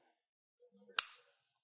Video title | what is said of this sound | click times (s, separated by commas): Sig Sauer Scorpion 1911 [HD] Cleaning & Features | it clicks into place once you do that your | 1.0 s